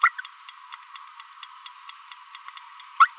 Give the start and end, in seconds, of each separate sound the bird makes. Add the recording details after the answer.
0.02-0.08, 3.00-3.06. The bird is a female. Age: 24 days. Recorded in a nest box in Venezuela. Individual 17B42B1